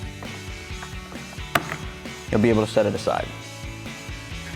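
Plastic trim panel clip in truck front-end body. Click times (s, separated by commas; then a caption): 1.6 s. A plastic trim panel under the headlight on a 2015-2017 F-150 truck front end is peeled back, and its snap-in clips pop free with a sharp click at 1.6 s while someone talks over background music. The panel is just snapped into place and comes loose once all of its portions are released.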